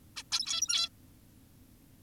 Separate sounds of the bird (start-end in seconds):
0.16-0.23, 0.32-0.89